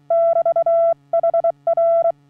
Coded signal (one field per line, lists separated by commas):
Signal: Morse code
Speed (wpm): 23 wpm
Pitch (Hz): 670 Hz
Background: none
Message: <BT> HR